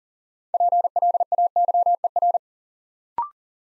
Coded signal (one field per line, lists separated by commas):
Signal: Morse code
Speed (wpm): 42 wpm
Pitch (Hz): 700 Hz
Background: none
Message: PLAYER